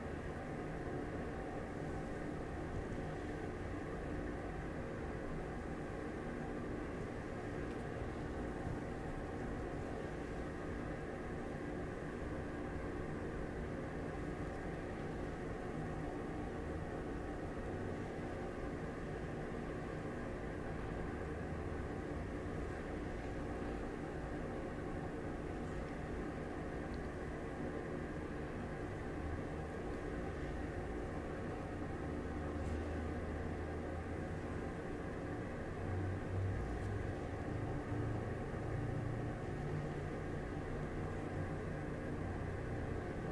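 A steady, dense white-noise drone runs throughout, weighted toward the low and middle range with a deep rumble underneath and little brightness on top. It resembles the hum inside a moving vehicle or plane cabin, with slight low swells after about thirty seconds.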